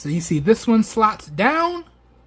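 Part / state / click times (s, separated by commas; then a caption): watch band end connector into smartwatch case band slot / not seated / none. A watch band's end connector is being lined up and slid down into the band slot of a smartwatch case while someone talks. Only speech is heard, and the connector has not clicked or seated yet.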